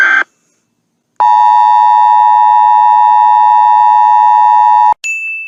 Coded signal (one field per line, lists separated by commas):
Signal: Emergency Alert System (SAME) tones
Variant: 853 and 960 Hz attention tone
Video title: EAS Sinned - Murder Mystery (EAS New York)